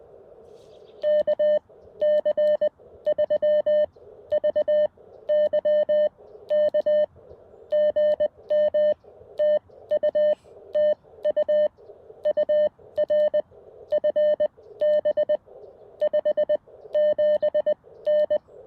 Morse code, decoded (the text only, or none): KC3VYK GM TU TU UR FB 57N